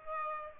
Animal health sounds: mosquito wingbeat signal from an infrared sensor; Aedes aegypti

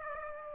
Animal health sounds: mosquito wingbeat signal from an infrared sensor; Aedes aegypti

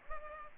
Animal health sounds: mosquito wingbeat signal from an infrared sensor; Culex pipiens

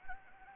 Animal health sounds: mosquito wingbeat signal from an infrared sensor; Anopheles gambiae

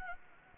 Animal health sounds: mosquito wingbeat signal from an infrared sensor; Anopheles gambiae

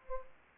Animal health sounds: mosquito wingbeat signal from an infrared sensor; Culex pipiens

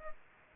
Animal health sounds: mosquito wingbeat signal from an infrared sensor; Culex pipiens

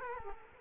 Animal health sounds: mosquito wingbeat signal from an infrared sensor; Culex quinquefasciatus

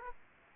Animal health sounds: mosquito wingbeat signal from an infrared sensor; Aedes aegypti

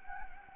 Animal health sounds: mosquito wingbeat signal from an infrared sensor; Anopheles gambiae

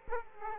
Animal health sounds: mosquito wingbeat signal from an infrared sensor; Aedes aegypti

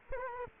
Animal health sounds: mosquito wingbeat signal from an infrared sensor; Culex quinquefasciatus

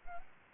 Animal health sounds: mosquito wingbeat signal from an infrared sensor; Culex quinquefasciatus

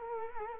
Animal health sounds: mosquito wingbeat signal from an infrared sensor; Culex quinquefasciatus

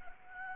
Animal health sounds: mosquito wingbeat signal from an infrared sensor; Anopheles gambiae

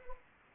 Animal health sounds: mosquito wingbeat signal from an infrared sensor; Anopheles arabiensis

